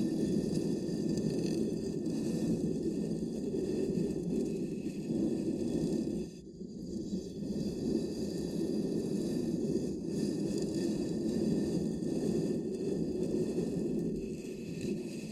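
Ear cupping triggers: a dense, steady muffled rumbling and rustling that fills the low-mid range, with faint crackly texture above. The sound stays even throughout except for a brief dip around six to seven seconds, where it softens before returning.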